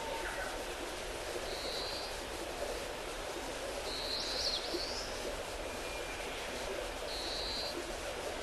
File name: crowned willow warbler